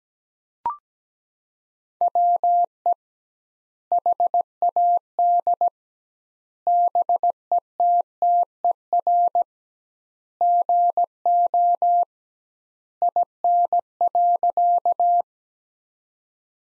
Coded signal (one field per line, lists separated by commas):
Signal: Morse code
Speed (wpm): 17 wpm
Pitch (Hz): 700 Hz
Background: none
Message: WE HAD BETTER GO IN.